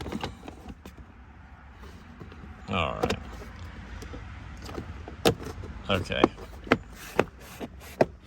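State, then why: Seated. An interior plastic trim panel is pressed back into place in an F150 cab after the subwoofer wiring is routed, and its plastic retaining clips snap into the truck body with sharp clicks at 6.7, 7.2 and 8.0 seconds. Someone talks briefly beforehand, amid softer handling taps. The panel is seated correctly, as the snapping sounds confirm.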